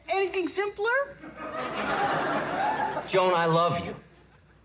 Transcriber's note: soundbite of laughter